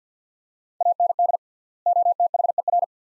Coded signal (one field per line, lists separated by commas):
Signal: Morse code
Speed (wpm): 49 wpm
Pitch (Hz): 700 Hz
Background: none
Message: AND OTHER